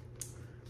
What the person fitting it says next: and it snaps right in place